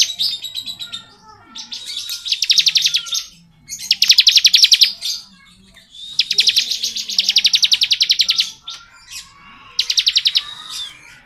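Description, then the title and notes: Bar-winged prinia song, long rapid buzzy trills, some lasting over two seconds, broken by short pauses and scattered squeaky notes. Song style called ngebren; recording used as training audio for oriental magpie-robins. "Ciblek Ngebren Untuk Masteran Murai Batu. Suara burung ciblek - Suara Nada"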